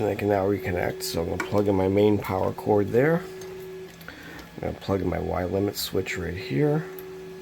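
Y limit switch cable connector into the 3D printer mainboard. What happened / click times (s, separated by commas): The connector is handled but no clear seating click is confirmed / none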